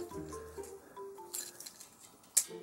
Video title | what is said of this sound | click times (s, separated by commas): JUST TRANSFORM IT!: Studio Series '86 Leader Springer | right in there it'll just snap into place so all that is sitting flush | 2.4 s